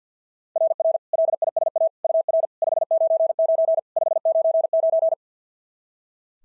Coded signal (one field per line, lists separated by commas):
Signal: Morse code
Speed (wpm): 46 wpm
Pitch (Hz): 660 Hz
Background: none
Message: RR LISA UR 599 599